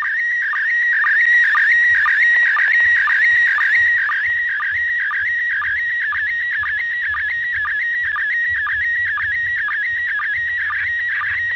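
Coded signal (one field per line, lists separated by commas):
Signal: SSTV (slow-scan television)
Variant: PD120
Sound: continuous warbling tone around 1.5-2.3 kHz with regular short low blips, slightly noisy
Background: radio static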